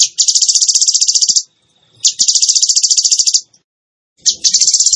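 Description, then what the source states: Bird song: long, very fast, high rattling trills, each about a second long, repeated with short gaps. Masteran training recording for cage birds in the tembakan gacor song style.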